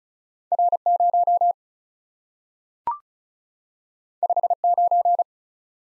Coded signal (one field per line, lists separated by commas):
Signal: Morse code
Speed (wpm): 36 wpm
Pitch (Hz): 700 Hz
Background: none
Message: R 0 5 9